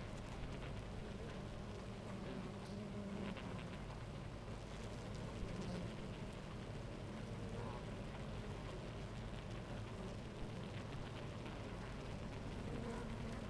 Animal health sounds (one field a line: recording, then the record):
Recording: honeybee colony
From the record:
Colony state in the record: active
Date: 28 July 2017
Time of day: 10:29